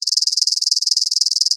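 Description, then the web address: Insect rattle chirp: a rapid, steady train of many high, dry pulses lasting about a second and a half, evenly paced with no other sounds. "Blastwave INSECTS Insect Rattle Chirp"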